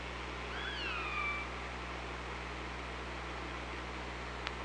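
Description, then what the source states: Killer whale call: one rising-then-falling harmonic tone lasting under a second, followed by steady underwater hiss and a single sharp click near the end. Recorded on an OrcaLab hydrophone on 24 August 2017 at 05:47.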